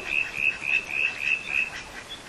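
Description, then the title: Whistling tree frogs calling: short, high, creaking notes repeated a few times a second over a steady hiss of background noise. Frogs calling at Lily Lake in Pukekura Park, recorded by a student. "Nick recording Whistling tree frogs"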